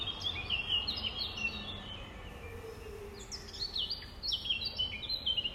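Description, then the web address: Nightingale song, a run of varied high whistles, slurred notes and short trills over a steady background hiss. 5 May 2020, about 05:32. "2020 05 06 nightingales"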